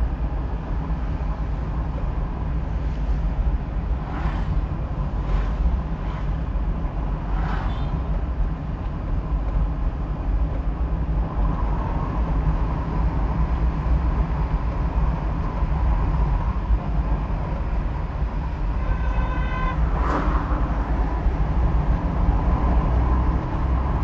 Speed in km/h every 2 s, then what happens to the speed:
30, 31, 33, 31, 30, 29, 30, 31, 32, 35, 32, 29.
0-19 steady at about 31. 19-24 slows to 29.